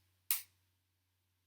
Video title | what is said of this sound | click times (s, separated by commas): Traxxas Slash 2wd Build with Proline Protrac Kit Part 4 Chassis Motor and Rear End Install | place it on top and then spin it left until you hear it kind of click and sit | 0.3 s